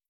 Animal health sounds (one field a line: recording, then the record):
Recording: hydrophone in a shrimp aquaculture tank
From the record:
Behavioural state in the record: starved